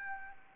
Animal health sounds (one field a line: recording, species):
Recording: mosquito wingbeat signal from an infrared sensor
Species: Anopheles gambiae